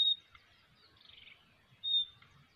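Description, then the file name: Common nightingale producing two short, steady high whistles, one at the start and one near the end, separated by soft twittering. "Luscinia megarhynchos"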